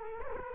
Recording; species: mosquito wingbeat signal from an infrared sensor; Culex quinquefasciatus